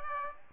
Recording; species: mosquito wingbeat signal from an infrared sensor; Aedes aegypti